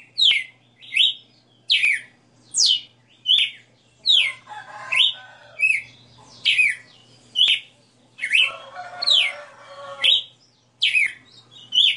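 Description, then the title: Red-cowled cardinal giving quick bright whistles, a little over one a second, interrupted twice by lower, rich, harsher warbling phrases, over a quiet constant hum. Female red-cowled cardinal singing live; song style called 60 notas (sixty notes). "Canto Galo Campina Fêmea 02. Galo de Campina 60 NOTAS Cantando Ao vivo"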